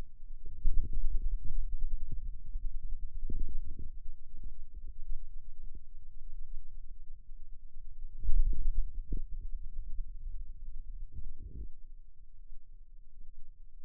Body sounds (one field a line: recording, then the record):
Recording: forearm muscle sounds (acoustic myography)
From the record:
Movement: radial deviation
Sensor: system 2, bracelet of six BSWA MPA416 microphones around the upper forearm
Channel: 1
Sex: male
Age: 22 years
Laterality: right